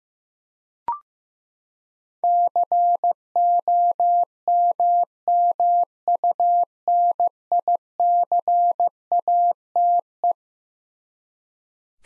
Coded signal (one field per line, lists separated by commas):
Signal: Morse code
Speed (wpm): 15 wpm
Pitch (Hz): 700 Hz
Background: none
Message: COMMUNICATE